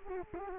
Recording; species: mosquito wingbeat signal from an infrared sensor; Culex quinquefasciatus